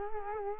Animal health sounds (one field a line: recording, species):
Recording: mosquito wingbeat signal from an infrared sensor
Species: Culex quinquefasciatus